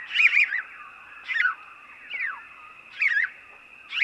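House sparrow calls: a chattering double chirp, several single chirps and one descending slurred note within four seconds, with a steady tonal hum behind.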